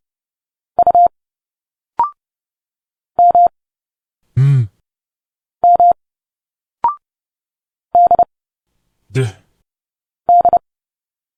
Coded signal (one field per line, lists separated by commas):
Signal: Morse code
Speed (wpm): 30 wpm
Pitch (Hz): 700 Hz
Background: speech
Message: U M M D D